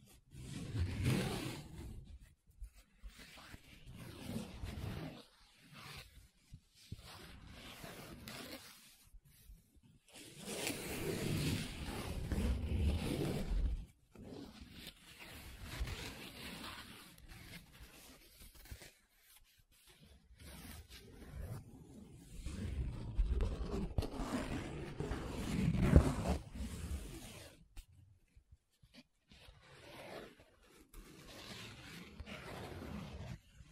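Paper being rubbed, scratched and traced, in uneven bursts of rough, grainy friction separated by short silences. The strokes swell into longer, louder passages around 10–14 and 22–27 seconds, with quieter, scattered scratches elsewhere and a low, rumbling body beneath the hiss.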